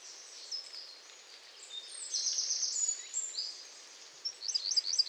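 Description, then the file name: Eurasian wren singing fast, very high trills that swell in the middle and end in a quick series of sharp, clipped notes. "Troglodytes troglodytes"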